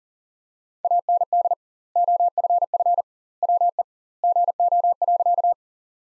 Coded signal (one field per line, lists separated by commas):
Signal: Morse code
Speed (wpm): 37 wpm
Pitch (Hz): 700 Hz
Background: none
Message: AND OFF WE GO.